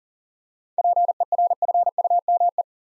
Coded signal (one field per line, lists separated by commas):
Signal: Morse code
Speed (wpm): 40 wpm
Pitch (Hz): 700 Hz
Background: none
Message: PERFUME